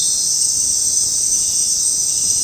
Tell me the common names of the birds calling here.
none